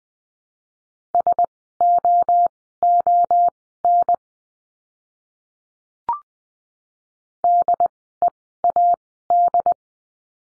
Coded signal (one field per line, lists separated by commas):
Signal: Morse code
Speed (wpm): 20 wpm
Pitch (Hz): 700 Hz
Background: none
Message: SOON DEAD